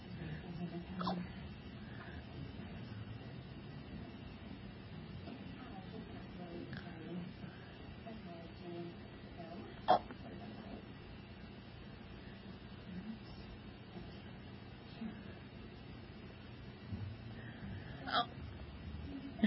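Several brief, sharp gulping clicks from an adult, spaced irregularly against quiet room noise, typical of hiccups.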